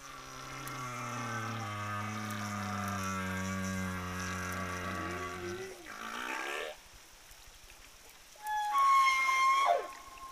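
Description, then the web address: Humpback whale song: a long, low, steady harmonic moan for several seconds, ending in an upward sweep, then a brief pause and a high squealing whistle. Humpback whales of the southern Indian Ocean, whose populations a study found to be singing different song tunes. "study-finds-southern-indian-ocean-humpbacks-singing-different-tunes whale songs"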